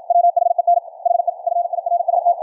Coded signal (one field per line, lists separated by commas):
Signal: Morse code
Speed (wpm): 53 wpm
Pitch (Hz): 700 Hz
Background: radio noise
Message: WHEN HE FIRST